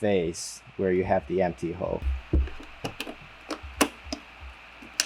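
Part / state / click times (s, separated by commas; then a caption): tail light retaining clip into car body panel / seated / 5.0 s. A tail light assembly is pushed back onto a car body panel until its plastic retaining clip engages, while someone talks at the start. Knocks and taps follow around 2.9, 3.0, 3.5, 3.8 and 4.1 seconds. A sharp, loud hit at 5.0 seconds marks the clip snapping home and seated.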